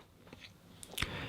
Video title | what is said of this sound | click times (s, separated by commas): Marvel Legends Kate Bishop (Hawkeye) Review | And then to push this in, there we go. Nice click. | 0.8 s, 1.0 s